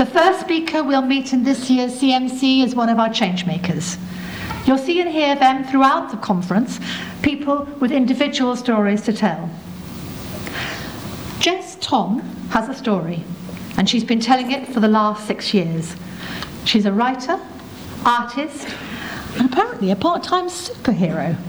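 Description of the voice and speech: An adult woman, a conference host, speaks fluently and clearly in typical speech, introducing a speaker at a children's media conference.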